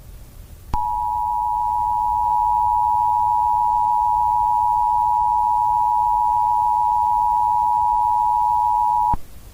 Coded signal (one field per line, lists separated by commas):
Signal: Emergency Alert System (SAME) tones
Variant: 853 and 960 Hz attention tone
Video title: Cloud Fall | EAS Scenario